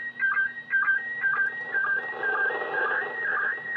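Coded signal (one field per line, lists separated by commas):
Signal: SSTV (slow-scan television)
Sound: warbling steady tones with a rhythmic low chirp about twice a second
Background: radio static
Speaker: I think we're going to have a pretty much perfect picture wow here we go look at that and it is in Russian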